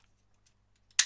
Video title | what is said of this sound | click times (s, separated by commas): GCreation WRATH Movie Series AOE Grimlock Review | over the top until it clicks nice and securely | 1.0 s